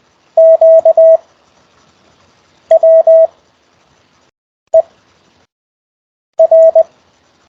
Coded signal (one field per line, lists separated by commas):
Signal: Morse code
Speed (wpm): 20 wpm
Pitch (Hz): 650 Hz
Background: none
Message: Q W E R